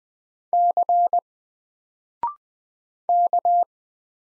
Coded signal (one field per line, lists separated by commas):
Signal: Morse code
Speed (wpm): 20 wpm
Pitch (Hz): 700 Hz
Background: none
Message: C K